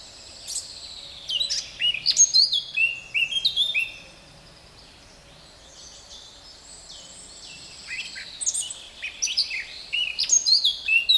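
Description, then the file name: Eurasian blackcap giving song phrases, fast scratchy warbling mixed with clear downslurred whistles, in two bursts separated by a quiet gap. "Sylvia atricapilla"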